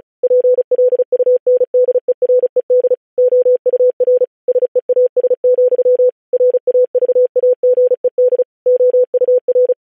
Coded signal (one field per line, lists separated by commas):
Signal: Morse code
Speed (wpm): 36 wpm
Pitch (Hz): 500 Hz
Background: none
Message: PLUNDERED OUR SEAS, RAVAGED OUR